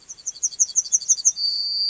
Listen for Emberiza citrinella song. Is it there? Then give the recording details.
yes. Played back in grassland. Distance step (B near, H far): C. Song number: 125